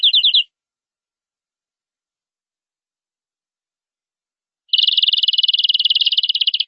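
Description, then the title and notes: Canary song: a brief high trill, a long silence, then a fast rolling trill lasting about two seconds. "BM Suara Burung Kenari"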